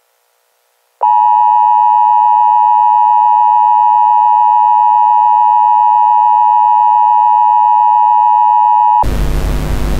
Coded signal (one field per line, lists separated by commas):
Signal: Emergency Alert System (SAME) tones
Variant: 853 and 960 Hz attention tone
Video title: EAS - EAR10